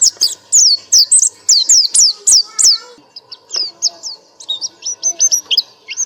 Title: nightingale masteran